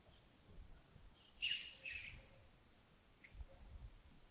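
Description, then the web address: Bird calls: two bright notes around the middle, then a few soft scattered chips, over faint low background rumble. Early morning at Yagongding (亚公顶), 28 December 2025, around 07:40. "2025-12-28 亚公顶清晨 251228 074040 birds"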